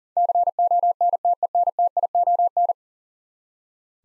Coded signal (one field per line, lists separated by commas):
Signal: Morse code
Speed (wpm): 40 wpm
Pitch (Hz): 700 Hz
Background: none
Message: CONTENTION